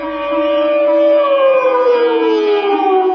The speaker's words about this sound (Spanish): Instantáneamente, mientras las llamas se elevaban por los aires y en las iglesias próximas tocaban a rebato para advertir a los vecinos del terrible suceso, en el bosque embrujado sonó la señal de alarma.